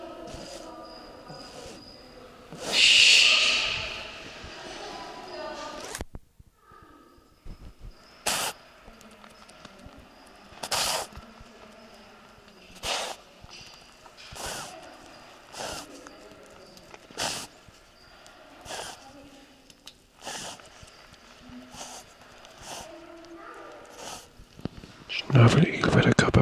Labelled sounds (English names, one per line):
Short-beaked Echidna call